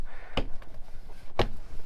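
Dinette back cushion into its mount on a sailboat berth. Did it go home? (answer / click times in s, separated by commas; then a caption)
yes / 0.4 s, 1.4 s. A dinette back cushion from a 1980 Catalina 22 sailboat is fitted onto the berth filler to form a large bed. Two sharp, loud snaps at 0.4 s and 1.4 s, with a fainter tap between them, mark the cushion snapping into place in its mount, so it is seated.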